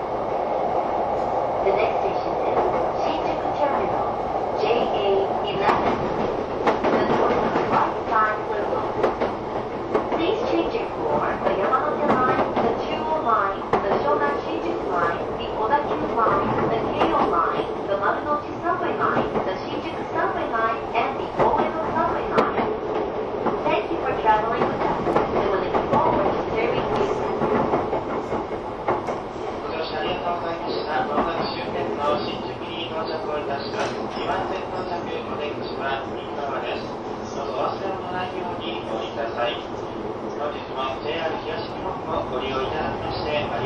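A train runs steadily for the whole stretch, a dense, even rumble with a low hum and a brighter whine in the middle range. Clipped voices, likely announcements or passengers, come and go throughout, and the level stays fairly constant, easing slightly near the end.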